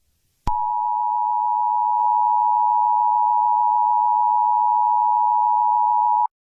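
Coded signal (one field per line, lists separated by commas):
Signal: Emergency Alert System (SAME) tones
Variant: 853 and 960 Hz attention tone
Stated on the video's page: Simulated EAS scenario based on the game Garten of BanBan Chapter 1.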